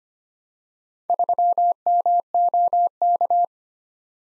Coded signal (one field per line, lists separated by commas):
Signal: Morse code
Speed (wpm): 25 wpm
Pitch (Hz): 700 Hz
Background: none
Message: 3MOK